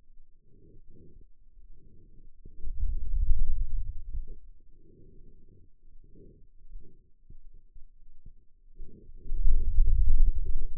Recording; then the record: forearm muscle sounds (acoustic myography)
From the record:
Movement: hand opening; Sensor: system 2, bracelet of six BSWA MPA416 microphones around the upper forearm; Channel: 4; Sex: male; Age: 22 years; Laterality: right